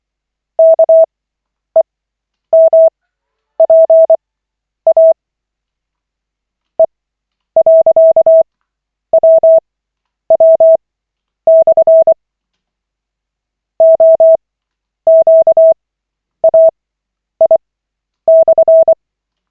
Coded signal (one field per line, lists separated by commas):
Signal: Morse code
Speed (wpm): 24 wpm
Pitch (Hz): 650 Hz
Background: none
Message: KEMPA E.WW/ OQAI/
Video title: Koch 28/40, 20.03.2025, CW practice session